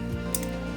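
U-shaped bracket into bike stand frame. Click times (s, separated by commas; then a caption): 0.4 s. A U-shaped bracket is pushed and lightly tapped into a bike stand frame over a steady tonal background hum. A single sharp, bright hit lands at 0.4 s as the lock engages, and the bracket is seated and locked in place.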